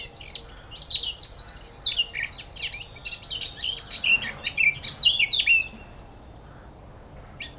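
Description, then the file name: Eurasian blackcap pouring out rapid, scratchy warbling phrases for about five seconds, then falling quiet apart from one faint final note. "Sylvia atricapilla"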